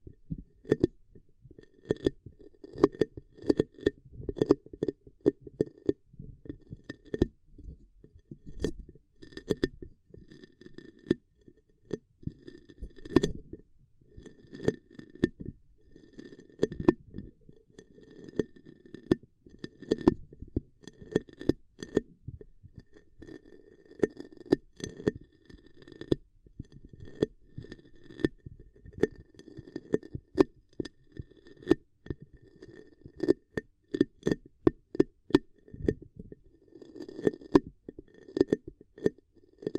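Ear cupping sounds fill the recording: muffled, low rustling swells that rise and fade in uneven waves throughout. Sharp crackly taps and pops cut through constantly, irregular and dense, with a faint thin tone sometimes peeking above the muffled bed.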